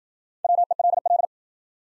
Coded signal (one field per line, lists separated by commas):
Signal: Morse code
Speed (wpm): 52 wpm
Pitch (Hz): 700 Hz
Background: none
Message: WELL